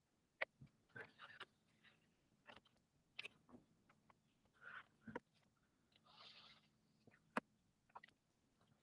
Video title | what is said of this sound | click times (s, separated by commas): MAAS Demo + Server Commissioning in office 2022 | yeah some of these don't really snap as well as i might like | 0.4 s, 7.4 s